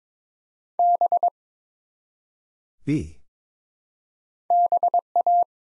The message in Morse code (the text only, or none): B BA